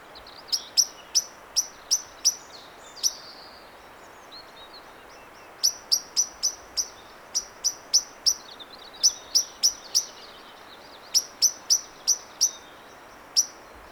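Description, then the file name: Common blackbird giving sharp, high clicking call notes in quick bursts of five to ten, separated by short pauses, over a steady faint background hiss. "Turdus merula"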